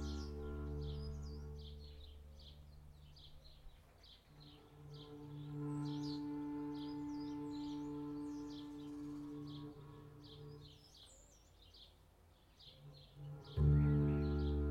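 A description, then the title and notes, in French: Swallows chirp and twitter busily throughout over a low sustained bowed drone that swells midway, fades near twelve seconds, then returns louder near the end. Beaucoup d'oiseaux voltigent dans les arbres. Je joue de la contrebasse. Les hirondelles font écho à nos sons qui se répondent entre pose d'archet ou pizzicato, lame de métal ou lame de bois.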